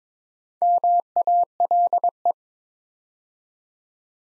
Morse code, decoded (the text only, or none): MALE